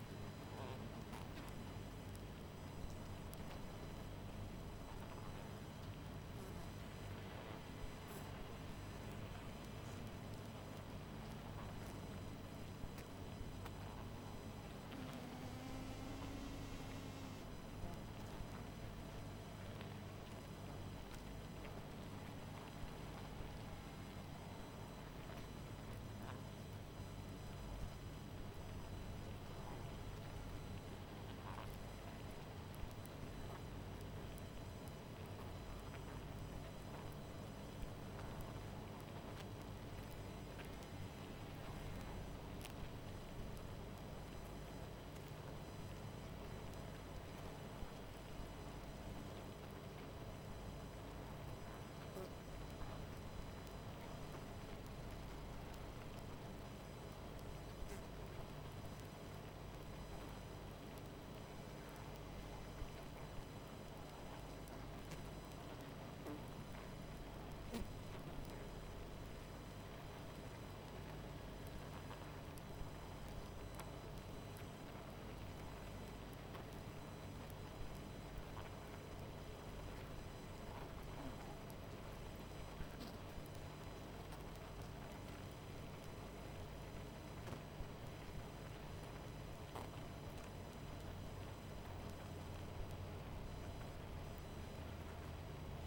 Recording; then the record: honeybee colony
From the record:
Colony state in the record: missing queen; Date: 14 July 2017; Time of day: 21:28